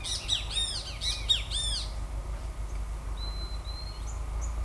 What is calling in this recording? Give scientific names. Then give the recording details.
Pitangus sulphuratus, Euphonia trinitatis. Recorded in forest near Pivijay, Magdalena, Colombia, on 2 June 2023 at 11:30. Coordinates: 10.467, -74.380. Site Z5-G034